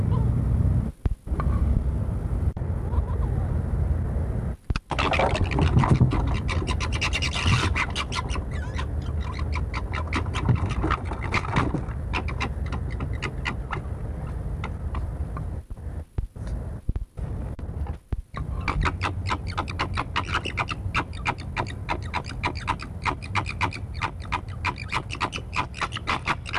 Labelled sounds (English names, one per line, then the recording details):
Corsac Fox
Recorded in captivity
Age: adult
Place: Tierpark Berlin, Berlin, DE
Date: 1961-09-18 19:15
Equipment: Minifon, Kopie Smaragd
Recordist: Tembrock, Günter
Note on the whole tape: Zwei Tiere bei Begegnung: Keckern und Winseln, z.T. im Kasten. Ein Tier fiepte auch nach Art des Alopex. Abstand: 2 m